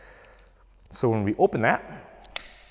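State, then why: Seated. A folding knife's blade is thumbed open and swung fully open with inertia, then locks into place in its handle. Someone talks, and a sharp, bright click lands at 2.4 seconds as the blade locks open.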